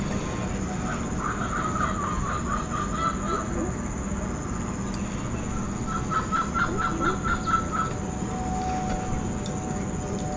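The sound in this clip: Bird calling in two runs of quick repeated notes, each lasting a couple of seconds, over a steady low background rumble.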